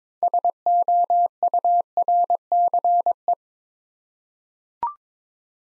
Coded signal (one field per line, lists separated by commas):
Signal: Morse code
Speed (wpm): 22 wpm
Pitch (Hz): 700 Hz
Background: none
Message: SOURCE